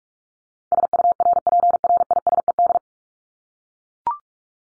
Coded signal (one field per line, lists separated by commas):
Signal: Morse code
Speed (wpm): 44 wpm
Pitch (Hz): 700 Hz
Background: none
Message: SURPRISED